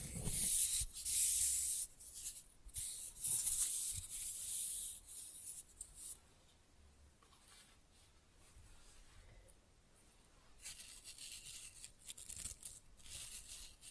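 Quick, rough nail filing in rapid scraping bursts, bright and hissy, packed densely through the first six seconds. The strokes then thin out into softer, sparse rasps and small taps before a denser run of filing returns around eleven seconds.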